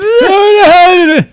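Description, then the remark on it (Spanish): A man who has fallen asleep while writing his novel at his typewriter lets out a single loud, drawn-out whimpering cry in a nightmare. His voice wavers and dips in pitch before breaking off abruptly. “hay un momento en el que tiene una pesadilla, él está escribiendo y tiene una pesadilla, está escribiendo en su máquina a escribir su novela, se queda dormido y tiene una pesadilla en la que lo oímos gritar y tal,”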